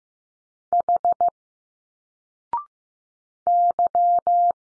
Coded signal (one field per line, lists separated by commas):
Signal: Morse code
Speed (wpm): 15 wpm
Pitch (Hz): 700 Hz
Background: none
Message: H Y